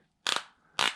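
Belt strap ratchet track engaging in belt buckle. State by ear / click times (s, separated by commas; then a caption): seated / 0.3 s, 0.8 s, 0.9 s. A belt strap is cinched through a stiff stainless steel ratchet buckle, its pawl clicking into the track teeth as it tightens. Sharp clicks sound at 0.3, 0.8 and 0.9 seconds within two brief bursts of ratcheting. The buckle engages along the track and holds.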